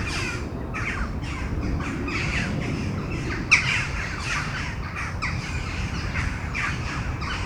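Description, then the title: Crows cawing, harsh repeated caws over a low background rumble. Crows calling before a storm at Domaine de Tivoli, Mechelen, Belgium; recorded with Sony PCM-M10 internal microphones. "Domaine de Tivoli, Malines, Belgique, Belgium - Corneilles avant lorage - Crows before the storm"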